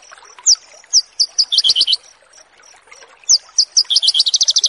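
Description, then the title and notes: Bush lark song: spaced, sharp high descending notes that quicken into a fast chattering run, the pattern given twice. Song tutoring for cage birds. "burung BRANJANGAN"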